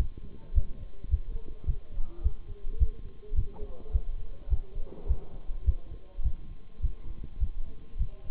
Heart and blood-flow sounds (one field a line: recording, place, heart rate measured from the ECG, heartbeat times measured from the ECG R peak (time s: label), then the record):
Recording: heart sounds by stethoscope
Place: between the tricuspid and mitral areas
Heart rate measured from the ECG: 105 bpm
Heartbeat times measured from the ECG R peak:
0.55 s: heartbeat
1.10 s: heartbeat
1.67 s: heartbeat
2.23 s: heartbeat
2.79 s: heartbeat
3.36 s: heartbeat
3.92 s: heartbeat
4.50 s: heartbeat
5.08 s: heartbeat
5.66 s: heartbeat
6.24 s: heartbeat
6.82 s: heartbeat
7.40 s: heartbeat
7.98 s: heartbeat
From the record:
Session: Bruce protocol treadmill stress test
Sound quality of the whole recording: partially saturated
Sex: male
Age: 23 years